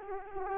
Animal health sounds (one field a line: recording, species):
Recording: mosquito wingbeat signal from an infrared sensor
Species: Aedes aegypti